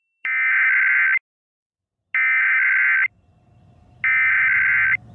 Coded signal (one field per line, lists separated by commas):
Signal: Emergency Alert System (SAME) tones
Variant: header bursts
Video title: EAS Scenario Special - Radioactive Queen II